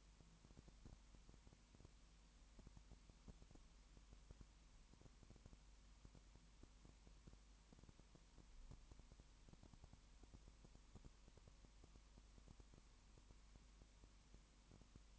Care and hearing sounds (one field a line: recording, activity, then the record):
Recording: daily activity, microphone in the room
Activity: no activity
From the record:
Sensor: 1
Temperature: 19.7 degrees Celsius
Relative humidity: 40.5%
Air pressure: 1010.7 hPa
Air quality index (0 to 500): 208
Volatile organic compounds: 56 ppm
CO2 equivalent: 3367 ppm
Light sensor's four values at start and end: 1/2/1/1 and 1/2/1/1